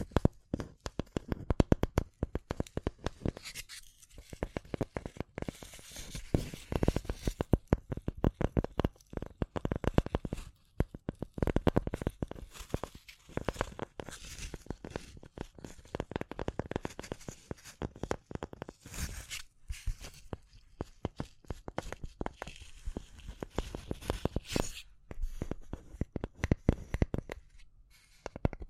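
Tapping and scratching go on throughout, a dense run of quick, irregular clicks and taps with rough scratchy strokes between them. The sounds are crisp and bright, with heavier clusters around 5–11 seconds and near 19 and 25 seconds, and a few short pauses.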